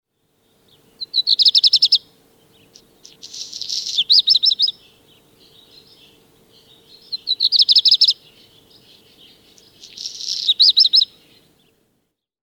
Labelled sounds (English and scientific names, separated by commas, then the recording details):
Black Redstart (Phoenicurus ochruros)
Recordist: Tembrock, Günter
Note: Gesang